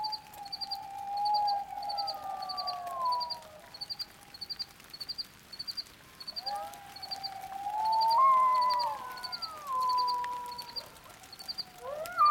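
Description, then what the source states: Coyote howling, long sliding howls in a few bouts, with a steady pulsing insect trill above and a light patter of rain. Only coyote recording, made during a brief bout of light rain in the middle of the night; Organ Pipe National Monument, southern Arizona, late March 2017; binaural.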